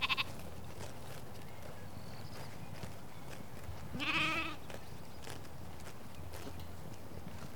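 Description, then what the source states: Sheep bleating once, a brief quavering bleat partway through, against constant low wind-like rumble. Sheep on pasture.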